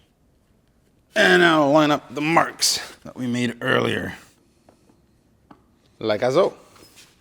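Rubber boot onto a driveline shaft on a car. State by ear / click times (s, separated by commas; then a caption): not seated / none. A rubber boot with a sleeve is handled and lined up with alignment marks on a driveline shaft of a Mercedes E55 AMG while someone talks, with a few faint ticks heard in the quiet gaps. Nothing has seated or clicked yet.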